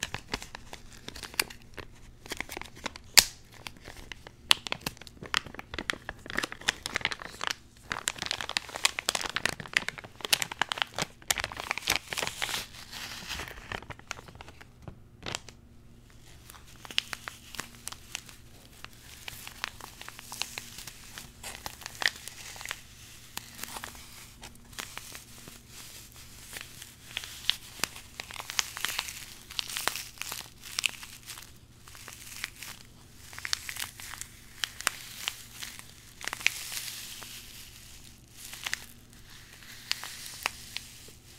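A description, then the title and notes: Unboxing a zen garden: dense crinkling and crackling of packaging throughout, with occasional tearing bursts over a steady low hum. ASMR Icnbuys Zen Garden Unboxing No Talking.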